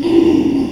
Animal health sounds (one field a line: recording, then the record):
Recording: squeal of a Yucatan mini pig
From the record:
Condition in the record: after surgery on the right vocal fold (resection and tissue-engineered implant)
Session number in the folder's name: 1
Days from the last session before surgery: 6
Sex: male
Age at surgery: 12 weeks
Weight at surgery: 13 kg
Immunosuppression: cyclosporine, prednisolone